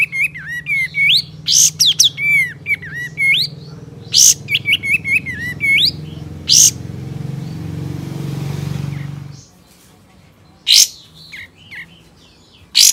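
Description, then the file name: Sooty-headed Bulbul singing quick runs of liquid whistled phrases for several seconds. A low hum then grows louder and stops, followed by a few sharp chirps. Male. "suara burung kapas tembak jantan"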